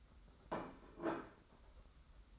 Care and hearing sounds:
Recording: daily activity, microphone in the room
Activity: place plate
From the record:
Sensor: 3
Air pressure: 991.8 hPa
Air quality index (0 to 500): 180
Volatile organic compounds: 1000 ppm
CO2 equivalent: 6021 ppm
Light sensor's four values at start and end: 25/76/31/27 and 24/75/31/27

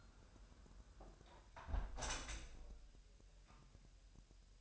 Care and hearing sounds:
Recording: daily activity, microphone in the room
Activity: close window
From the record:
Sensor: 2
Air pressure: 1000.1 hPa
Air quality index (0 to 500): 245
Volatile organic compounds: 89 ppm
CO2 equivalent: 3674 ppm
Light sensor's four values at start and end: 9/20/8/8 and 8/20/8/8

